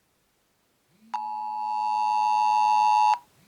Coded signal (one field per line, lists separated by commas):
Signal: Emergency Alert System (SAME) tones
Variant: 853 and 960 Hz attention tone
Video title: Mobil Emergency Alert (NZ) | 2024 Annual Test